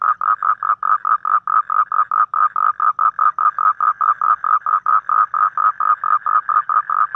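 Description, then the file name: Toad croaking in a fast, steady series of short, harsh pulses, with no other sounds. "Am thanh tieng Coc keu"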